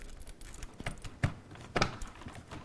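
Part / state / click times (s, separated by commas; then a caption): graphics card into motherboard PCIe slot / seated / 1.8 s. A graphics card is lined up with the motherboard PCIe slot and pushed down until the slot's retention latch clicks. Amid faint rustling and light knocks, the latch gives a quiet click at 1.8 s, and the card is seated.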